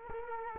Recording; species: mosquito wingbeat signal from an infrared sensor; Culex quinquefasciatus